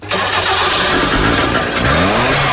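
The two-stroke engine of a Trabant car revs up loudly, its buzzy, rattling tone rising and falling in pitch over a couple of seconds, with no voices present.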